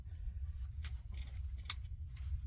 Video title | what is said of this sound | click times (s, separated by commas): My pickup truck has problems. Can I fix it? | okay I heard the snap so there we go perfect | 1.7 s